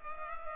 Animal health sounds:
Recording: mosquito wingbeat signal from an infrared sensor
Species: Culex pipiens

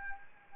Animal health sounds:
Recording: mosquito wingbeat signal from an infrared sensor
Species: Anopheles arabiensis

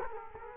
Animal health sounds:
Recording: mosquito wingbeat signal from an infrared sensor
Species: Culex quinquefasciatus

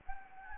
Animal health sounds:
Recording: mosquito wingbeat signal from an infrared sensor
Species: Anopheles gambiae

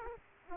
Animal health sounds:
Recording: mosquito wingbeat signal from an infrared sensor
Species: Aedes aegypti

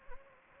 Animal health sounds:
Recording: mosquito wingbeat signal from an infrared sensor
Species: Anopheles gambiae

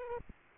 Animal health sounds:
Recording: mosquito wingbeat signal from an infrared sensor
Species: Aedes aegypti

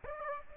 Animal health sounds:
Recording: mosquito wingbeat signal from an infrared sensor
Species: Aedes aegypti

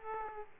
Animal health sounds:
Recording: mosquito wingbeat signal from an infrared sensor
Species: Aedes aegypti

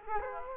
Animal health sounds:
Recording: mosquito wingbeat signal from an infrared sensor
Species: Culex quinquefasciatus

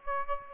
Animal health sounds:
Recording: mosquito wingbeat signal from an infrared sensor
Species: Aedes aegypti

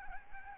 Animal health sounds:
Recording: mosquito wingbeat signal from an infrared sensor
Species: Aedes albopictus

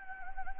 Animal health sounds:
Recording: mosquito wingbeat signal from an infrared sensor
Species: Anopheles gambiae

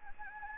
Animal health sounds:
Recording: mosquito wingbeat signal from an infrared sensor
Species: Anopheles gambiae

